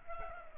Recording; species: mosquito wingbeat signal from an infrared sensor; Culex pipiens